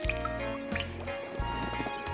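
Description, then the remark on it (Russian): Water drips in a few light, plinking drops from a piece of ice slowly melting in the sun, over a soft, sustained musical backdrop, gentle and steady, with no one speaking. “Лед оказался под лучами солнца и стал медленно-медленно таять.”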